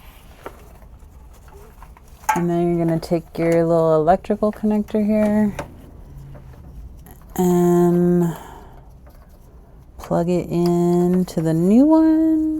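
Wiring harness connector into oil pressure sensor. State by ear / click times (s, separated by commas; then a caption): not seated / none. Someone talks while picking up the wiring harness electrical connector on a first-generation Toyota Sequoia and lining it up with the new oil pressure sensor. Only a few faint handling ticks and rustles are heard between the speech. Nothing has seated or clicked yet.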